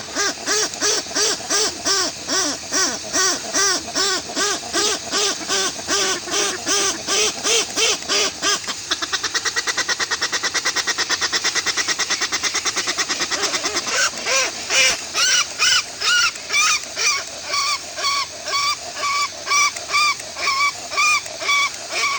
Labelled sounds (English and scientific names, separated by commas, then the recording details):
Westland Petrel (Procellaria westlandica)
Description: Westland petrel/tāiko song
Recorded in New Zealand